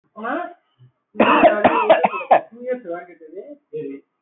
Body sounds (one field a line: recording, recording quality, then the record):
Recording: shallow voluntary cough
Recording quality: moderate, slight background noise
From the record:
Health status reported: healthy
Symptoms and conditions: none ticked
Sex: male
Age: 24 years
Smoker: not ticked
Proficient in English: yes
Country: India